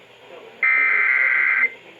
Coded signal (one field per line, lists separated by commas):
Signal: Emergency Alert System (SAME) tones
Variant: header bursts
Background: speech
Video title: FRIDAY THE 13TH SHITE... EAS Alerts from 9/13/19 (EAS #3,330 - 3,350)